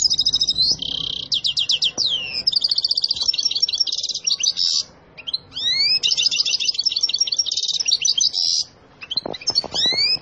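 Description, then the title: Canary song of long rapid rolls, trills and swept whistles delivered almost nonstop, with brief gaps and a few clicks in the background. Canary singing a long rolling song, energetic and persistent; said to make any canary answer immediately. "LANGSUNG NYAUT GACOR DOR Kenari Manasaja, Dengan Kicau Kenari GACOR NGOTOT ROLL PANJANG"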